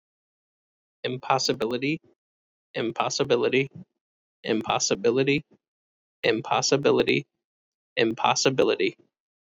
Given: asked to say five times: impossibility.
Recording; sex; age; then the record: repeated word; male; 30 to 39 years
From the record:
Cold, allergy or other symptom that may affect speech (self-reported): no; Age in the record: 33 years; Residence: Massachusetts, United States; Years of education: 17